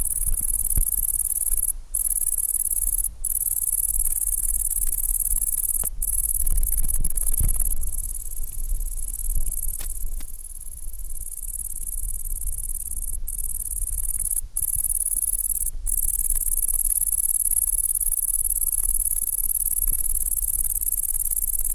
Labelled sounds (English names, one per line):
Great Green Bush-cricket stridulation